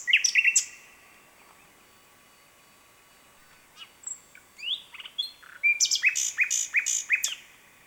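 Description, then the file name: Common nightingale singing varied phrases: a burst of rapid notes, a pause, then sliding whistles and a fast series of repeated chirps, loud and clear. "Luscinia megarhynchos"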